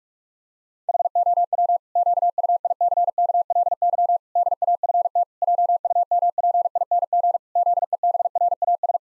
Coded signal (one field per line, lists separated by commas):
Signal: Morse code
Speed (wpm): 48 wpm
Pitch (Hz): 700 Hz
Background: none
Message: HOW QUICKLY DAFT JUMPING ZEBRAS